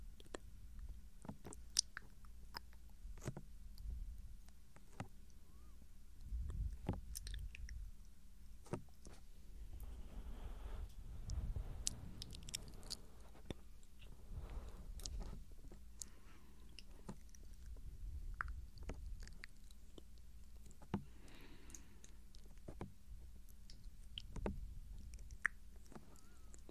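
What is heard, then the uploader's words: Soft mouth sounds, quiet: scattered moist clicks and smacks land every second or so, with a few sharper pops. A low steady rumble sits underneath, and around the middle a brief softer rustling swell rises and fades. ASMR Tingles Overload SOFT Ear Touching & GENTLE Mouth Sounds For Sleep.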